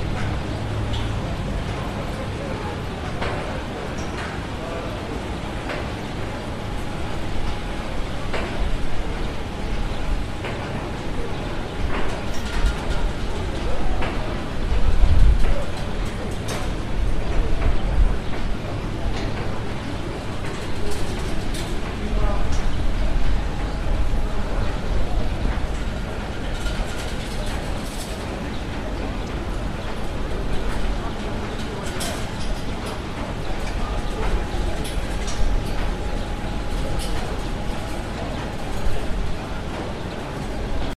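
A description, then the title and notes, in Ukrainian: Busy outdoor crowd noise beneath a Ferris wheel in Kyiv, with steady chatter, a constant thin machine whine, and a sharp thump near fifteen seconds. Під оглядовим колесом, Київ. Вечір, 12 липня 2022.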